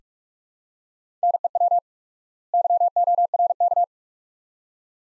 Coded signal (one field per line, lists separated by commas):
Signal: Morse code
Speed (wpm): 47 wpm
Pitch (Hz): 700 Hz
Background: none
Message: NEW YORK